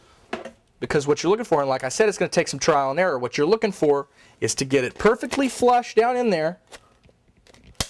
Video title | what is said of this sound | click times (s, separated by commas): Three In The Afternoon Lightsaber Prop Tutorial | so you can There you go. You hear that snap? | 7.8 s